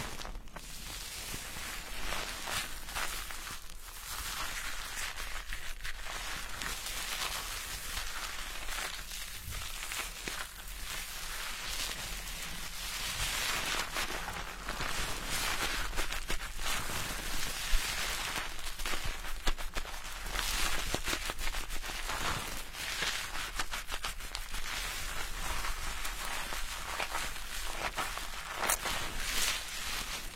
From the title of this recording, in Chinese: 沉浸式洗头体验 & 头皮按摩